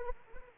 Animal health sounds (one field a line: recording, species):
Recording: mosquito wingbeat signal from an infrared sensor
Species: Anopheles arabiensis